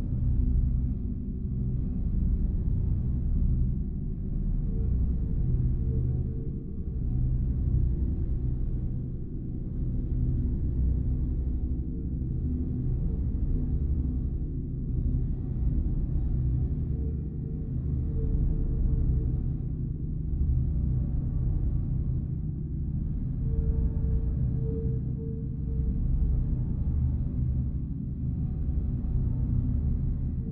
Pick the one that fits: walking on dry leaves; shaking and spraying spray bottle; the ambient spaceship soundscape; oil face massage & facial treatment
the ambient spaceship soundscape